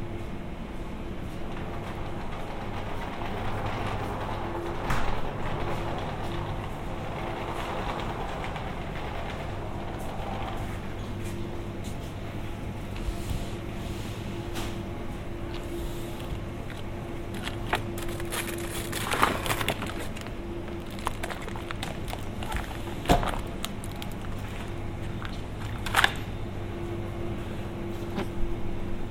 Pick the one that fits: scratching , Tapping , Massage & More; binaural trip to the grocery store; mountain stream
binaural trip to the grocery store